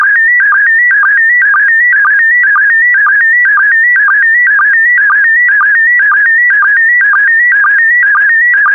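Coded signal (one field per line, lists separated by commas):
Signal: SSTV (slow-scan television)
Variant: PD120 mode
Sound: warbling electronic tone with steady rhythmic chirps about twice per second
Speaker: get ready starting transmission in 5 4 3 2 1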